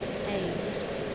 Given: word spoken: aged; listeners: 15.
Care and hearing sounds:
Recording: one English word in noise, from a listening test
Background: speech-shaped noise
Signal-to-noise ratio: -4.7 dB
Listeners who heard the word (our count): 0 of 15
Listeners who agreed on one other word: 13 of 15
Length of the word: 0.75 s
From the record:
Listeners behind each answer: 13, 1, 1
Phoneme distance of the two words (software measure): 7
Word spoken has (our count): 1 syllable, 3 phonemes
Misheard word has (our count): 1 syllable, 2 phonemes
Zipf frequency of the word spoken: 4.30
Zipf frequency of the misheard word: 5.18

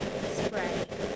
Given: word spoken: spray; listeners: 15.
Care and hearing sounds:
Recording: one English word in noise, from a listening test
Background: noise modulated by three-talker babble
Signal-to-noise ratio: -7.2 dB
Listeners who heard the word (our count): 8 of 15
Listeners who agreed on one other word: 7 of 15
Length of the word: 0.76 s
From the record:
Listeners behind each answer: 8, 7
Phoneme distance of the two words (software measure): 17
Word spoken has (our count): 1 syllable, 4 phonemes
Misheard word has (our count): 1 syllable, 5 phonemes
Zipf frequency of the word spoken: 3.98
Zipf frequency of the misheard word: 4.62

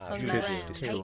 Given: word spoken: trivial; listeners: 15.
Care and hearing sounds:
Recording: one English word in noise, from a listening test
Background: four-talker babble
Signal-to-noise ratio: -1.1 dB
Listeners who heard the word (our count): 0 of 15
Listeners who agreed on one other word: 6 of 15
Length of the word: 0.63 s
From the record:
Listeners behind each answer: 6, 1, 1, 1, 1, 1, 1, 1, 1, 1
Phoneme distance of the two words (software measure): 51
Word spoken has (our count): 2 syllables, 6 phonemes, stress on syllable 1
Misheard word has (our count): 1 syllable, 3 phonemes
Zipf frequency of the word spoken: 3.34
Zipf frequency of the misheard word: 4.44

